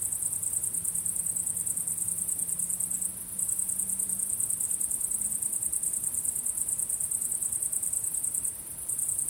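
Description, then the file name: High pulsed cricket chirps in a continuous chorus, briefly softening near three and nine seconds, while a faint low drone slowly rises in the background. Recorded at sunset. "syrsor solnedgang"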